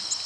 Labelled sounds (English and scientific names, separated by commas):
Nashville Warbler (Leiothlypis ruficapilla) flight call